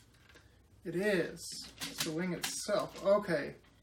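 A plastic wing piece is being fitted into its connection point on the plastic body of a transforming toy robot during assembly. Someone talks throughout, with only a faint sharp sound at the very end. The wing is still being handled and nothing has seated or clicked yet.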